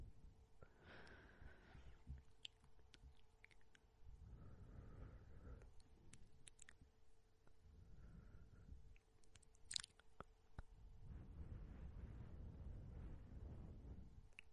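Soft blowing breaths come in slow, rounded gusts, near 1, 5, 8 and a longer one from 11 to 14 seconds. Between them, wet mouth clicks and saliva smacks pop sporadically, with a sharp bright cluster near 10 seconds, over a faint steady hum.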